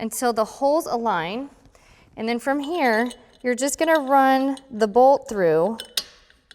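Someone talks while a bolt is run through the aligned holes of the metal stabilizer bar and the frame of a Lifepro X-Flexcycle Plus folding exercise bike. Two faint, brief ticks come at the very end of the clip. The bolt has not yet seated or clicked into place.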